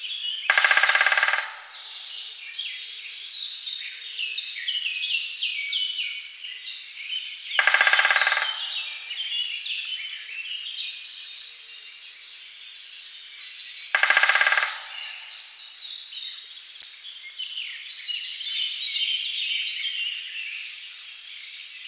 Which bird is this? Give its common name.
Great Spotted Woodpecker